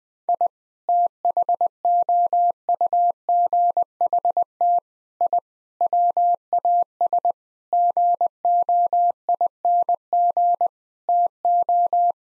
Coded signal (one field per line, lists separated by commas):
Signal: Morse code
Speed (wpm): 20 wpm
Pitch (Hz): 700 Hz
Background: none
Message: I THOUGHT I WAS GOING TO